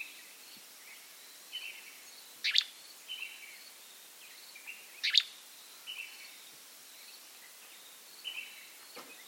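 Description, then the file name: Gray flycatcher giving two brief sharp chirps mixed with softer buzzy notes, against a faint steady background hiss. "American Grey Flycatcher Empidonax wrightii"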